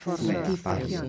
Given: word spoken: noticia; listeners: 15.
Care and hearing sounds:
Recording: one Spanish word in noise, from a listening test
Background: four-talker babble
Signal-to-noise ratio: -2.6 dB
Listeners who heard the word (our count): 0 of 15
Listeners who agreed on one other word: 6 of 15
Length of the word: 0.69 s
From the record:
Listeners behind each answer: 6, 3, 1, 1, 1, 1, 1, 1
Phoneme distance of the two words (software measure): 51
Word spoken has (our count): 3 syllables, 7 phonemes, stress on syllable 2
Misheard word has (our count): 2 syllables, 6 phonemes, stress on syllable 1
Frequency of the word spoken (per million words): 66.68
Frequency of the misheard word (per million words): 138.19

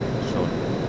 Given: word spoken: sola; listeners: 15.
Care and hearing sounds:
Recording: one Spanish word in noise, from a listening test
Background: speech-shaped noise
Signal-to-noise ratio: -4.5 dB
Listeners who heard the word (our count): 0 of 15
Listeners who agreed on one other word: 7 of 15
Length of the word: 0.49 s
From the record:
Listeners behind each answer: 7, 3, 2, 1, 1, 1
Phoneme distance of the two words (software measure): 7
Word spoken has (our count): 2 syllables, 4 phonemes, stress on syllable 1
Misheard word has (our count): 1 syllable, 3 phonemes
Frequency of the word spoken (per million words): 113.80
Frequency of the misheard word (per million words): 149.60

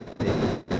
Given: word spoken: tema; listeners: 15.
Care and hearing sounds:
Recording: one Spanish word in noise, from a listening test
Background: noise modulated by one talker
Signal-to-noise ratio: -10.3 dB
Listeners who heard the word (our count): 0 of 15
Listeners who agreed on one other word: 6 of 15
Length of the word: 0.40 s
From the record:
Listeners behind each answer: 6, 3, 1, 1, 1, 1, 1, 1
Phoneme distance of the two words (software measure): 14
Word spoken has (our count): 2 syllables, 4 phonemes, stress on syllable 1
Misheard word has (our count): 1 syllable, 2 phonemes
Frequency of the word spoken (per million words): 199.25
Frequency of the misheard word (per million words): 786.92

